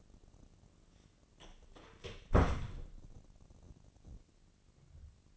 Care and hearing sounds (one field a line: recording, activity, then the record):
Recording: daily activity, microphone in the room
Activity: close door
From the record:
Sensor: 4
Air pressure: 1013.2 hPa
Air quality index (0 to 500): 179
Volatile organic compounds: 2 ppm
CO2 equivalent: 1126 ppm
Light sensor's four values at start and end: 88/219/90/96 and 68/165/70/69